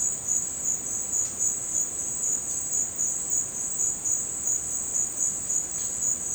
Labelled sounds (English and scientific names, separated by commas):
none